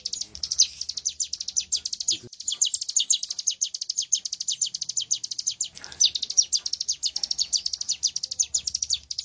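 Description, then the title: Prinia: rapid, high-pitched repeated notes in a long chattering series, broken by brief pauses. "Cigun Durasi Panjang By Kicauan.net"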